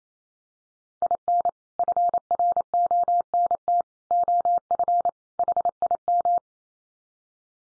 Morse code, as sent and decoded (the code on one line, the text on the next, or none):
.. -. / ..-. .-. --- -. - / --- ..-. / .... .. --
IN FRONT OF HIM